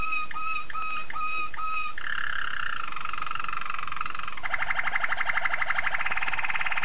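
Domestic canary song with quick repeated notes, then a trill shifting into a rapid roll.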